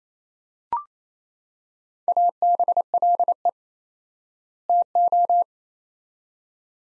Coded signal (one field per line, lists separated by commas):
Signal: Morse code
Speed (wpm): 28 wpm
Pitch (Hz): 700 Hz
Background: none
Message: ABLE TO